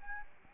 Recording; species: mosquito wingbeat signal from an infrared sensor; Aedes albopictus